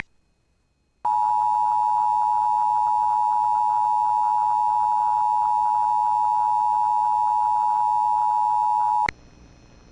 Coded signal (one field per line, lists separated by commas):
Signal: Emergency Alert System (SAME) tones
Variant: 853 and 960 Hz attention tone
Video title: [EAS] Winter Storm Warning Extention For Fargo-Moorhead Area